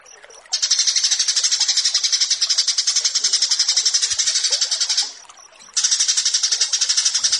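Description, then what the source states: Bush lark delivering sustained rapid pulsed buzzy song, with a brief lull of soft notes before singing restarts. Tutor (masteran) recording for cage birds, pitting this bush lark against another bird.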